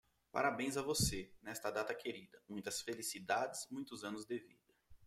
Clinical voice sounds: short text; Brazilian Portuguese; male; 20 to 29 years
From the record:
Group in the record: control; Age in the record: 29 years

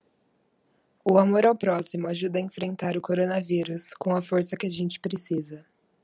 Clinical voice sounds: spoken sentence; Brazilian Portuguese; female; 20 to 29 years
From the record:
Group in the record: control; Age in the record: 20 years

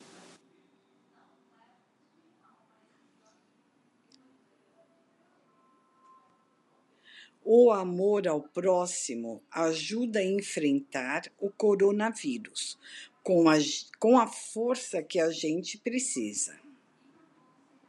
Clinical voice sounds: spoken sentence; Brazilian Portuguese; female; 60 to 69 years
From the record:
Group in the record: control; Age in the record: 65 years

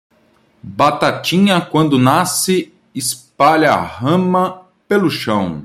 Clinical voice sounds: short text; Brazilian Portuguese; male; 40 to 49 years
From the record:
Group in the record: control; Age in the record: 42 years

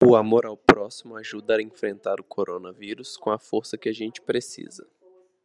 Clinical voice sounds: spoken sentence; Brazilian Portuguese; male; 30 to 39 years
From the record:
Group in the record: control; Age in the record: 32 years

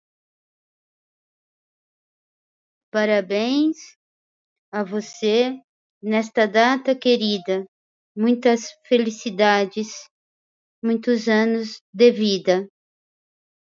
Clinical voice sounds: short text; Brazilian Portuguese; female; 50 to 59 years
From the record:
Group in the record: control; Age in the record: 52 years

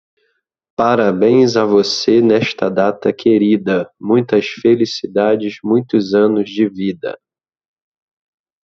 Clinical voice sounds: short text; Brazilian Portuguese; male; 30 to 39 years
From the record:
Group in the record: control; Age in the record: 39 years

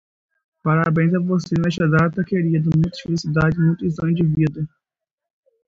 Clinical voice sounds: short text; Brazilian Portuguese; male; 20 to 29 years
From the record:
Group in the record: control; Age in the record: 24 years

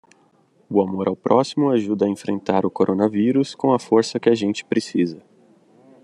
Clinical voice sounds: spoken sentence; Brazilian Portuguese; male; 30 to 39 years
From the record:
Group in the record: control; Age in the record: 30 years

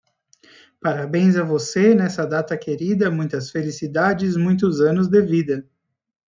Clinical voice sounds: short text; Brazilian Portuguese; male; 40 to 49 years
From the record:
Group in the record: control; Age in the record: 40 years

